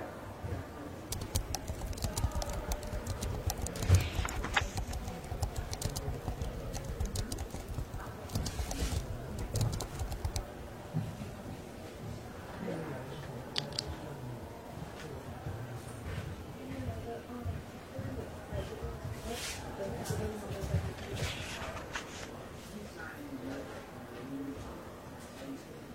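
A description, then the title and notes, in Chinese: Library ambience: a steady low murmur of voices runs throughout, dotted with frequent small clicks and taps like typing and writing. Brighter rustles, like pages turning, stand out around 4, 10, 14 and 20 seconds, with the overall level staying fairly even. 公共图书馆沉浸式学习 图书馆环境音 打字声 写字翻书。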